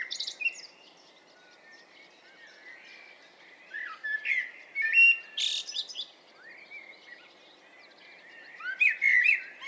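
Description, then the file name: Eurasian blackbird song with a short opening phrase, then after a pause a fluty, meandering phrase rising into sharp high twitters, followed after another pause by a further warbling phrase. "Turdus merula"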